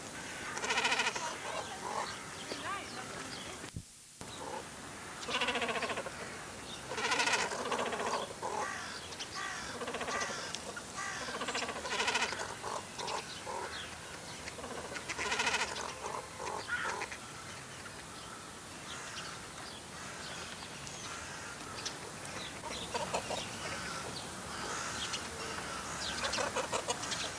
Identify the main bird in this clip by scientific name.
Phalacrocorax carbo